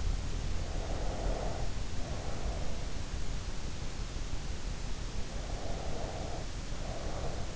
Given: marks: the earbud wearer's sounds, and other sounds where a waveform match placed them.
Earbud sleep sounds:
sounds in sleep by an in-ear microphone; breath
0.57-2.86 s: breath
5.22-7.56 s: breath

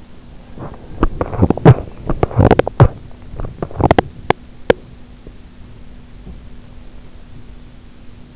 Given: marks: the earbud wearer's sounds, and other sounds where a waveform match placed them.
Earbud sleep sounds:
sounds in sleep by an in-ear microphone; breath, teeth grinding
0.35-1.04 s: breath
0.85-4.81 s: teeth grinding

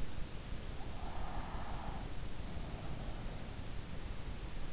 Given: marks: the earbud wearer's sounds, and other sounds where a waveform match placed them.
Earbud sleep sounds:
sounds in sleep by an in-ear microphone; breath
0.86-3.82 s: breath

